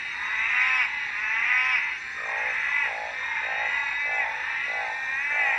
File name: 21 h 53 m 17 s 13 nov 2013 Black Mountain Night 3-OT-Treefrog